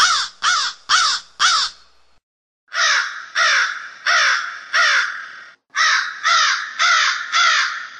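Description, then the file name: Crow calling with harsh, raspy caws: four quick notes, a short gap, then two longer runs of repeated grating caws. "Karga"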